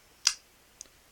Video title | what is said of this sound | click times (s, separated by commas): Outis Rat - Ontario Rat 1 clone. | with a real satisfying click depend on where you put your hand you can actually kind of tune this like a wooden instrument not | 0.3 s